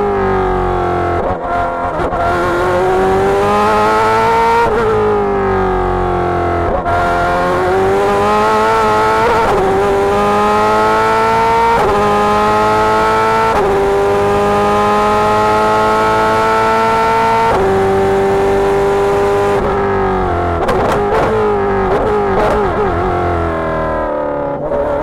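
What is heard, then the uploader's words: In-car sound from a race car: the engine screams steadily, pitch climbing through each gear then dropping sharply at the shifts, about every two to three seconds. Around 20 seconds it drops briefly, then revs again, with faint tire noise underneath. Corvette C8.R In-Car Audio, Sebring 2020. 3 Corvette C8.R driven by Antonio Garcia, Jordan Taylor, and Nicky Catsburg at IMSA's 2020 season finale at Sebring International Raceway, courtesy of Corvette Racing.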